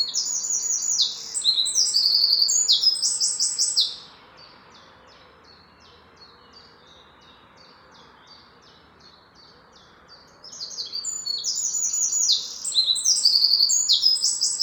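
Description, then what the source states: Birds singing: loud, bright chirping phrases for the first few seconds and again near the end, with a softer series of quick, repeated high notes in between. Morning.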